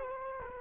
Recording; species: mosquito wingbeat signal from an infrared sensor; Culex quinquefasciatus